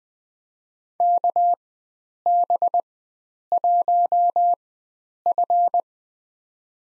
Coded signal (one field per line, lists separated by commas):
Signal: Morse code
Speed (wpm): 20 wpm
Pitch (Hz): 700 Hz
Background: none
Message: KB1F